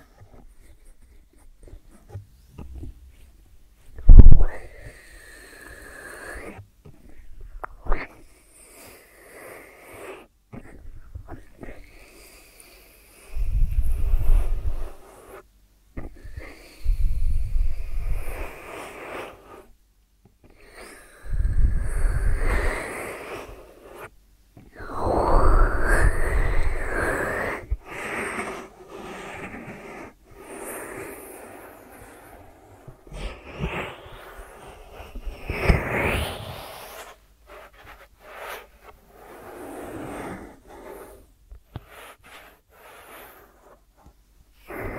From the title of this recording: ASMR 3D Brain Penetrating Ear Treatment